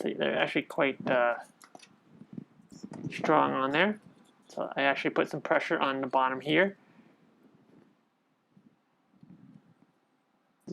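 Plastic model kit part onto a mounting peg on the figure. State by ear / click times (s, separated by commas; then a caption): not seated / none. Someone talks while pressing a plastic part of a 1/100 Hi-Resolution Wing Gundam Zero EW model kit onto its mounting peg on the figure, pushing on the bottom. Faint handling ticks are heard between the speech around 1.6 to 2.9 seconds. Nothing has seated or clicked yet.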